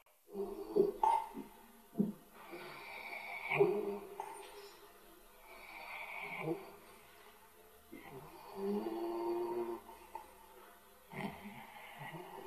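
Rough snoring breaths, about 25 a minute, with soft squeaks from a dog asleep and dreaming.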